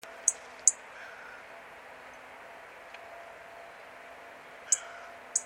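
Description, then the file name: European robin tick calls: two crisp, high clicks early, then two more about four seconds later, with a faint low hum and hiss beneath. "Erithacus rubecula"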